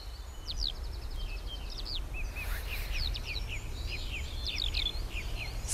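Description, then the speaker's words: Eurasian skylark song: rapid, varied high chirps and sweeping notes, opening with a short trill, poured out in quick succession over a steady low rumble. Singing in the Irish dawn chorus; sings from high in the air at great volume, continually producing new syllables and complex combinations, barely repeating a phrase. "Skylarks sing from high up in the air, booming out their striking song at impressive surround sound volumes, continually rolling out new syllables and complex combinations of sound, barely repeating a phrase."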